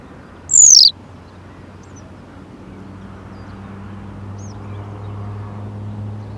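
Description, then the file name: Western yellow wagtail utters one high, falling 'tsweep' early on, followed by quiet with a low rumble slowly building in the background. "Bergeronnette-printanière- -Motacilla-flava"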